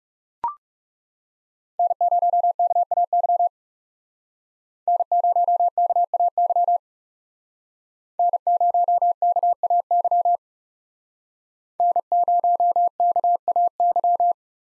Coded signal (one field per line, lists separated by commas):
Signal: Morse code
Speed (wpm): 40 wpm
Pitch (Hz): 700 Hz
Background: none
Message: N0KAY N0KAY N0KAY N0KAY